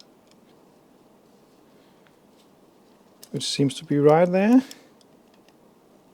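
An eccentric valve clearance adjuster in the cylinder head of a Porsche 924 engine is being turned one full revolution toward its detent, with faint ticks over a quiet background while someone talks in the middle of the clip. Nothing has snapped into place or seated yet.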